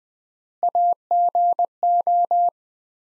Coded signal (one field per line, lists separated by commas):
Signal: Morse code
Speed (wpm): 20 wpm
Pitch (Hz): 700 Hz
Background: none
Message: AGO